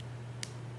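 A plastic cap is pushed onto a felt-tip marker during a children's craft and snaps closed with one short, sharp click at 0.4 s over a steady low hum. The snap means the marker is closed and won't dry up.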